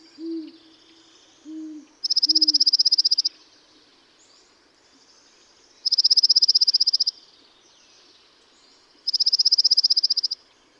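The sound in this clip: Dark-eyed junco song: a dry, even, high trill lasting just over a second, repeated every three to four seconds, with a few low hooting notes at the start.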